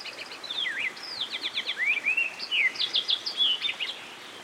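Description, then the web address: American goldfinch song of rapid high twitters, clipped repeated notes and sweeping slurred whistles in a lively tumbling phrase, set against the steady rush of a stream. Singing beside a stream. "Dan Gibson Songbirds By The Stream. American Goldfinch"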